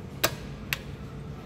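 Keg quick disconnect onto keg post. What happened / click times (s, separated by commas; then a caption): The snap-on connector clicked onto its post / 0.2 s, 0.7 s. A black ball lock liquid disconnect, its collar pulled back, is pushed down over a keg post until it clicks on and seats. Two short, sharp ticks are heard at 0.2 s and 0.7 s over a quiet low hum.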